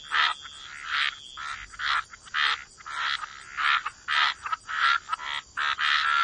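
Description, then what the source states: Frogs giving loud raspy croaks in quick, irregular bursts, several overlapping, with a steady high hum in the background. Frog chorus.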